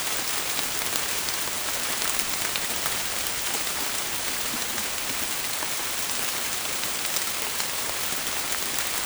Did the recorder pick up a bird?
no